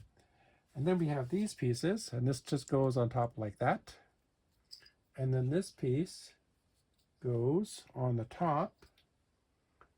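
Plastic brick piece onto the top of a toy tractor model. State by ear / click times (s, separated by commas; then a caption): seated / 9.8 s. Someone talks while pressing a plastic Lego building-brick piece onto the top of a toy tractor model. After a pause, a short, sharp click at 9.8 s shows the piece has seated in place.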